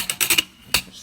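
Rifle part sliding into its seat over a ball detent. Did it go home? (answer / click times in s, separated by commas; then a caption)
yes / 0.8 s. A part of a disassembled AR-15 rifle slides into its seat over a ball detent, with a few short metallic clicks and scrapes in the first 0.4 s. A single sharp click at 0.8 s marks the part seating, with the ball detent covered.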